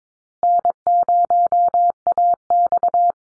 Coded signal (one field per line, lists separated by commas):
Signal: Morse code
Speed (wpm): 22 wpm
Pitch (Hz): 700 Hz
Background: none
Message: N0AX